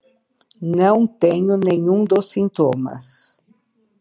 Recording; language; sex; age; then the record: short text; Brazilian Portuguese; female; 60 to 69 years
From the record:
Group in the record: control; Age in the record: 66 years